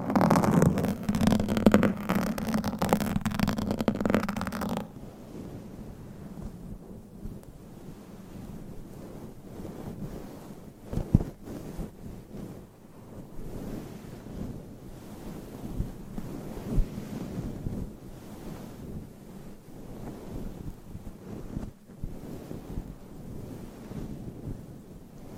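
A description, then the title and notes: A microphone is scratched and rubbed hard for the first five seconds, a loud, dense, gritty scraping across the whole range. After that it drops to a quieter, low rumbling handling noise, broken by occasional soft knocks and bumps until the end. ASMR Mic Scratching - Brain Scratching 40 Different Mic Setups - Asmr No Talking.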